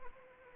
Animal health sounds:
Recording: mosquito wingbeat signal from an infrared sensor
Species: Anopheles arabiensis

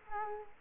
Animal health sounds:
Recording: mosquito wingbeat signal from an infrared sensor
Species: Culex quinquefasciatus

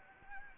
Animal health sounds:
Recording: mosquito wingbeat signal from an infrared sensor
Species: Anopheles arabiensis

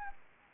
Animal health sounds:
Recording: mosquito wingbeat signal from an infrared sensor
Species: Anopheles arabiensis

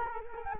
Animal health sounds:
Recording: mosquito wingbeat signal from an infrared sensor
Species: Culex quinquefasciatus

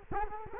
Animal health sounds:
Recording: mosquito wingbeat signal from an infrared sensor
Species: Culex quinquefasciatus

